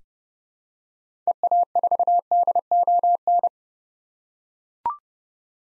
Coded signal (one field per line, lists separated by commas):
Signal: Morse code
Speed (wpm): 30 wpm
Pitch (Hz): 700 Hz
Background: none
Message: EA4DON